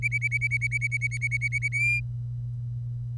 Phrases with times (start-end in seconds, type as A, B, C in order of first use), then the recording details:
0.02-1.68 A, 1.72-2.00 B. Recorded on 25 April 2018 at 07:56. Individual llb3